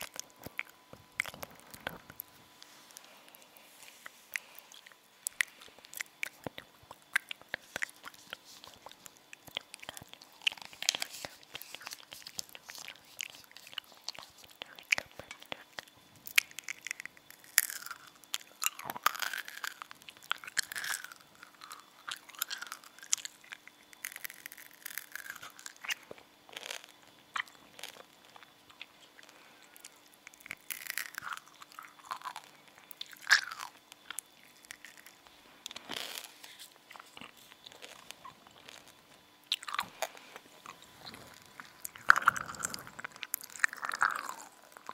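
Chewing gum with wet, clicking mouth sounds that come in quick irregular bursts throughout, thickest around the middle and again near the end. The smacks and crackles are bright and sharp, with short pauses between them, over a faint steady hum.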